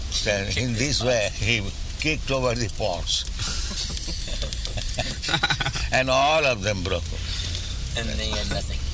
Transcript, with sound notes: So in this way, he kicked over the pots [laughs] and all of them broken.
And in the end, nothing.